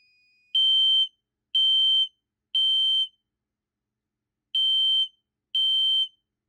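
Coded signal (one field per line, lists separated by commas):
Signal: alarm pattern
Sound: shrill 3 kHz beeps: three half-second beeps, short pause, three more beeps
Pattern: temporal three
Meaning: Temporal-three fire alarm signal calling for evacuation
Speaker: So, right now as you can see I have the dip switch right there. So, it's doing temporal three.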